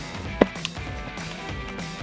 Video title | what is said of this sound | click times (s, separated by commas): MomCozy vs Freemie: Wearable Affordable BreastPumps | it actually like clicks in place | 0.4 s, 0.7 s